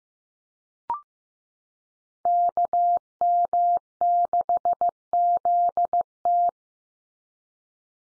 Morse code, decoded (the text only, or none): KM6ZT